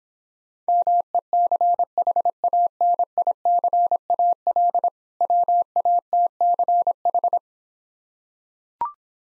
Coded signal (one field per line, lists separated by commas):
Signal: Morse code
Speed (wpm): 26 wpm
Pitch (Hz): 700 Hz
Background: none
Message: MECHANICAL WATCH